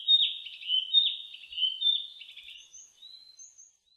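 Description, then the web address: Narcissus flycatcher song, a run of clear whistled and warbled notes around one pitch band, phrases repeating about once a second, fading away after three seconds. Recorded 15 May 2004. "2004 040515 kibitaki"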